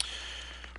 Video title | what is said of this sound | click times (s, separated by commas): [unboxing] More trouble than it's worth...? (2/3) | Well, golly gee willikers, mister. So the fists do snap into place. | 0.0 s